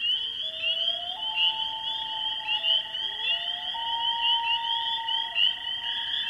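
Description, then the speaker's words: Spring peepers in a dense chorus of high, rapid, rising peeps, with long tonal wailing notes from another animal running lower beneath them. Singing to attract mates in spring, in Minnesota. "Spring peepers sing for mates."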